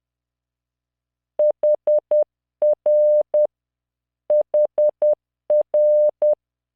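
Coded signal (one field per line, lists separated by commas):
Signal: Morse code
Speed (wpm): 10 wpm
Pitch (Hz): 600 Hz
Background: none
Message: HR HR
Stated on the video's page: Morse practice drill of random five-character groups at 10 WPM with a 600 Hz tone and standard three-dot spacing, generated by Learning Morse training software.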